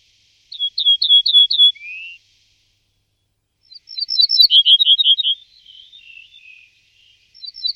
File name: ortolan vogelatlas